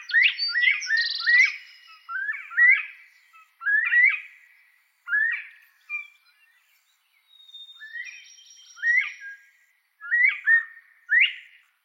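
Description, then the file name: Northern bobwhite giving bursts of short chirping calls, repeated throughout. "canto da perdiz da virginia"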